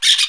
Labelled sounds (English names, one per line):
Brown-throated Parakeet contact call